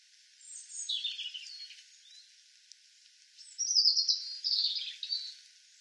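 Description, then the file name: European robin song in two phrases, each a tumbling mix of high sweet whistles and rapid trilled notes, with a brief pause between. "Erithacus rubecula"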